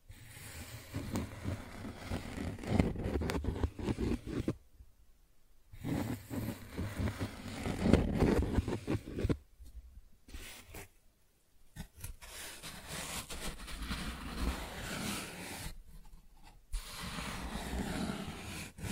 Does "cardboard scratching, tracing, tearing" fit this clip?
yes